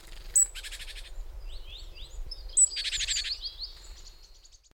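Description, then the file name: Great tit calls: harsh buzzy rattles mixed with short chirps, sliding squeaks and sharp high notes, over a low background rumble. "Parus major"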